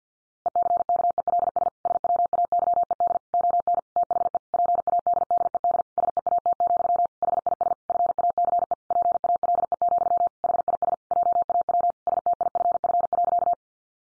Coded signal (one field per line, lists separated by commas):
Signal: Morse code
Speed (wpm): 50 wpm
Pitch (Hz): 700 Hz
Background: none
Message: ECKELS SWAYED ON THE PADDED SEAT, HIS FACE PALE, HIS JAW STIFF.